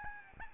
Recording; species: mosquito wingbeat signal from an infrared sensor; Aedes albopictus